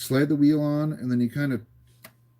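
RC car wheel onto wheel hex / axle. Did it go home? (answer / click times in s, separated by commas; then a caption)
yes / 2.1 s. A plastic wheel is slid onto the axle of a model RC car and turned until it drops onto the hex drive and locks into place, while someone talks. Once the voice stops, a single sharp tick is heard at 2.1 seconds as the wheel seats.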